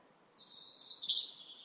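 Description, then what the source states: European robin giving a single high, sweet phrase that wavers, with near silence before it. Evening song at sunset in September near a village with oaks and stubble fields; the robins are going to bed; speaker calls the song sweet, silvery, unresolved, like dripping water, wistful.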